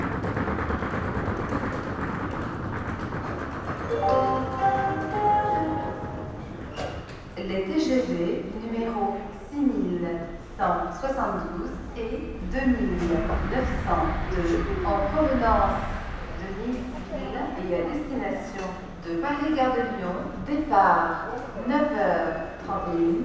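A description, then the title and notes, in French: Voices in the Avignon train station: for the first seven seconds a dense low rumble fills the hall with a faint tone running through it, then a sharp knock cuts in. After that a woman talks steadily, with other murmuring voices behind her. Prise de son effectuée en gare d'Avignon à l'été 2011 : roulement d'une valise + annonce SNCF.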